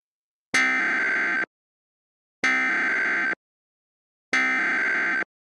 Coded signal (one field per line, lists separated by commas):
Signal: Emergency Alert System (SAME) tones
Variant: header bursts